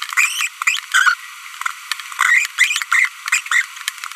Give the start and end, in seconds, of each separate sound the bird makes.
0.17-0.47, 0.67-0.79, 0.92-1.14, 2.19-2.46, 2.58-2.82, 2.92-3.06, 3.33-3.39, 3.52-3.64